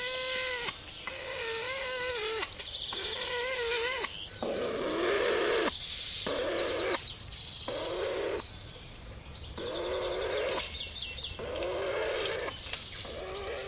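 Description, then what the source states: Weka calling: loud harmonic whistled notes in irregular bursts, alternating with rougher, noisier passages. Male weka calling to attract his female to pass on meat, while also warning a neighbouring bird encroaching on his territory; Marlborough.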